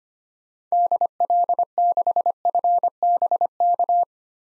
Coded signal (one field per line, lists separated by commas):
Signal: Morse code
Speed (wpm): 25 wpm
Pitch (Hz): 700 Hz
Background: none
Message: DL6FBK